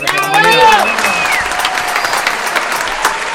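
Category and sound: crowd, audience applause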